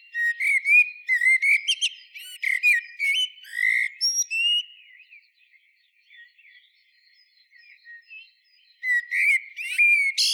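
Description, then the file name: Eurasian blackbird song: loud fluty whistled phrases ending in high squeaky twitters, repeated several times, a quieter twittering stretch in the middle, then a strong phrase returning near the end. "Turdus merula"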